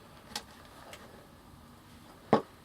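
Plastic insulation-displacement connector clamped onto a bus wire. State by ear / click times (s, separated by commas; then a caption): seated / 0.4 s. A plastic insulation-displacement wire tap connector, with the bus wire inserted into its metal clamp and the plastic catch flipped over, is squeezed shut with pliers. It clicks into place with a sharp snap at 0.4 s, and a faint tick follows near 0.9 s. A louder knock comes at about 2.3 s, and the connector is seated.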